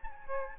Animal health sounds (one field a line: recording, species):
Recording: mosquito wingbeat signal from an infrared sensor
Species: Aedes albopictus